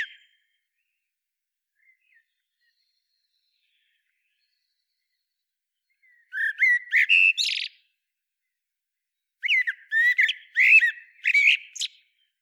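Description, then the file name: Common blackbird giving two bursts of chattering, squeaky notes after a long near-silent opening, the second burst longer. "Turdus merula"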